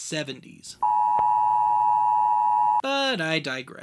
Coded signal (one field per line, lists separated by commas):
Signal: Emergency Alert System (SAME) tones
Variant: 853 and 960 Hz attention tone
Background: speech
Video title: Oddity Archive: Episode 111 – Conelrad (Halloween Special 2016)